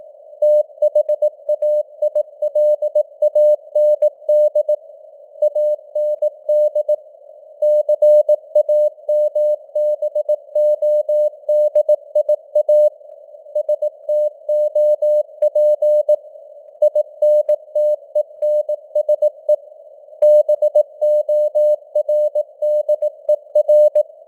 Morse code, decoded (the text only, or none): THAILAND AND CAMBODIA STOP INTENSE BORDER